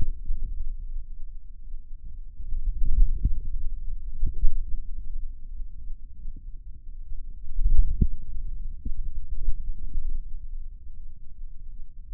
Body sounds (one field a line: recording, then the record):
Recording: forearm muscle sounds (acoustic myography)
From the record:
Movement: hand closing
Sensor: system 2, bracelet of six BSWA MPA416 microphones around the upper forearm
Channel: 4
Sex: male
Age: 22 years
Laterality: right